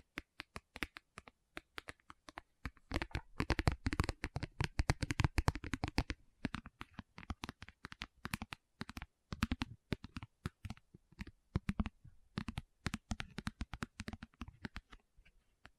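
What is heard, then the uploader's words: Crisp tapping in rapid irregular bursts, densest around four to six seconds, with short pauses between clusters and a quiet background. ASMR 1 Hour Tapping Session (No Talking).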